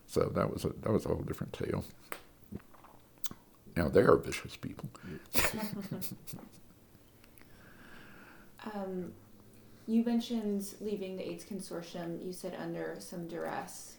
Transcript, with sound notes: So that was a whole different tale. Now there are vicious people. [laughter]
You mentioned leaving the AIDS Consortium, you said under some "duress."